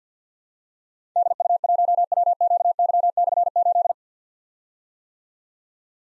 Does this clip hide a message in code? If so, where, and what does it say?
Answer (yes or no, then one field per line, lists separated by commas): yes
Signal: Morse code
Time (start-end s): 1.2-3.9 s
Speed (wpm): 49 wpm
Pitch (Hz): 700 Hz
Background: none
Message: DU1WQY/8